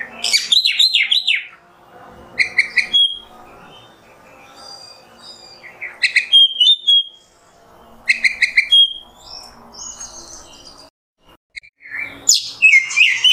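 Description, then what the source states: Oriental magpie-robin song in short bursts of sharp chips and pure whistles at irregular intervals, with quiet hiss between phrases. Masteran (tutor recording) of kacer song in the nembak style.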